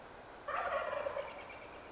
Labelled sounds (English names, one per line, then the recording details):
Wild Turkey
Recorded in Sonoma County, California